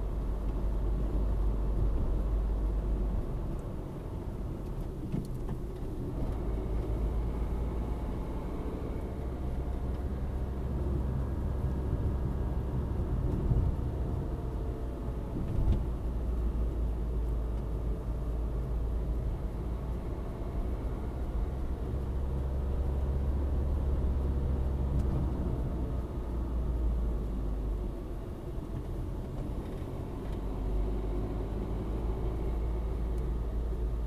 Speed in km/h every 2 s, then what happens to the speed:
52, 51, 41, 44, 48, 52, 53, 47, 42, 43, 50, 53, 50, 41, 33, 40, 44.
2-4 brakes to 41. 4-10 speeds up to 52. 10-17 slows to 42. 17-22 speeds up to 53. 22-27 brakes to 33.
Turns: none.